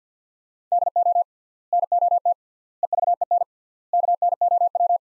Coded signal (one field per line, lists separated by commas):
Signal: Morse code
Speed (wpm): 50 wpm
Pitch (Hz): 700 Hz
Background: none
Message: DO NOT EVEN KNOW